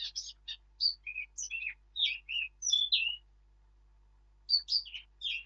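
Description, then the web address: Eurasian blackcap singing a rich warble of clear whistled notes, some sliding downward, then a short pause and a final brief phrase. "birdsong Sylvia atricapilla"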